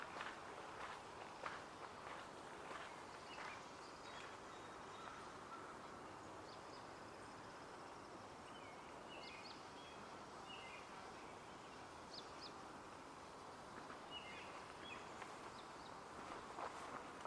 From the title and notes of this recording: Hoyt Arboretum in Portland Oregon. A field recording only.